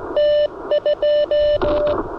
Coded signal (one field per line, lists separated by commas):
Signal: Morse code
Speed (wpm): 18 wpm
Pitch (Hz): 590 Hz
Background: radio noise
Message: T2